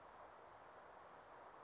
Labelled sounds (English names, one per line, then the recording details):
Brown Creeper
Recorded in Sonoma County, California